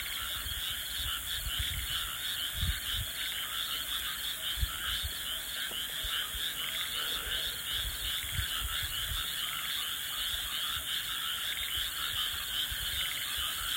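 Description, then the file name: Many frogs croaking together in an unbroken rattling chorus, plus scattered low knocks and a steady hiss. "kaeru"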